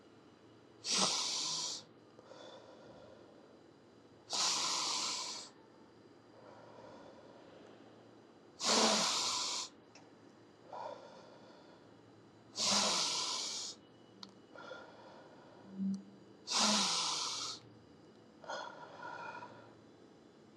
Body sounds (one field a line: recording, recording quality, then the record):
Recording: deep breathing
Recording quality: excellent, no background noise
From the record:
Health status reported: COVID-19 positive, mild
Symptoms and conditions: cough, cold, sore throat, fever, fatigue, muscle pain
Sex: male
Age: 25 years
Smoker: not ticked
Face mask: worn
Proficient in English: yes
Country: India